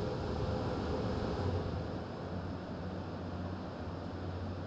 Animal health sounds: poultry house recording; no chicken sound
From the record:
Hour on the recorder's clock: 22

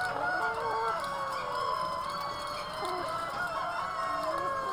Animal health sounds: poultry house recording; healthy chickens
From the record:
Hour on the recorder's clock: 3

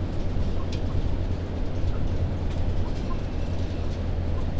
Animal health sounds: poultry house recording; healthy chickens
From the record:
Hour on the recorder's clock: 21

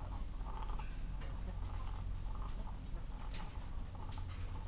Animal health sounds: poultry house recording; sick chickens (respiratory disease)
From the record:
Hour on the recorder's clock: 15

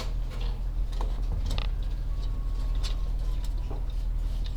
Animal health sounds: poultry house recording; sick chickens (respiratory disease)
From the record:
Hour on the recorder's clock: 14

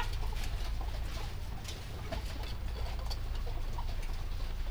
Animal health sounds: poultry house recording; sick chickens (respiratory disease)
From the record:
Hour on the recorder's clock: 0

